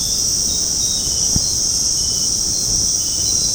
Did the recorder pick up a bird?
no